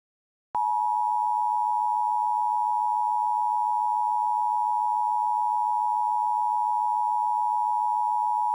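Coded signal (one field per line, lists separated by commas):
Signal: Emergency Alert System (SAME) tones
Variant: 853 and 960 Hz attention tone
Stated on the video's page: Fictional EAS tornado scenario set in Roseville, California.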